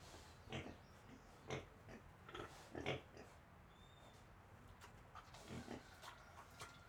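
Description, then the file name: Piglets breathing in short, soft huffing bursts, with a brief thin bird whistle in the background. Several piglets breathing, with birds in the distance. "Porquinhos respiracao com passaros e pessoas longe"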